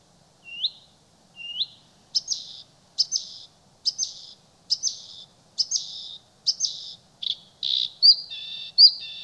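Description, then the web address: Bluethroat song: two upslurred notes, then a steady series of buzzy double notes roughly every 0.8 seconds, building into louder varied buzzes. "soorten geluid Blauwborst"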